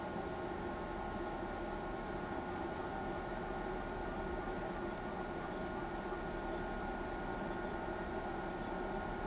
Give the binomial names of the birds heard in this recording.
none